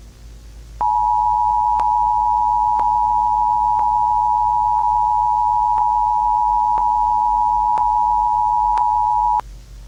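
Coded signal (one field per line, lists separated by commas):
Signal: Emergency Alert System (SAME) tones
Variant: 853 and 960 Hz attention tone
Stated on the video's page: Simulated EAS tones in a fictional Godzilla attack scenario.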